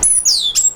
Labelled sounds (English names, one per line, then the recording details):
Stitchbird song
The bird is a male
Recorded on Tiritiri Matangi Island, New Zealand, in 2005
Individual 9, of nest box 11